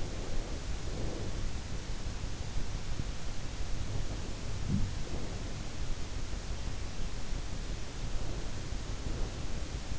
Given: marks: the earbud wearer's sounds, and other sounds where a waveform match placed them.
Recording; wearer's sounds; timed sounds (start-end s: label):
sounds in sleep by an in-ear microphone; breath
0.00-1.56 s: breath
3.90-5.59 s: breath
7.90-9.36 s: breath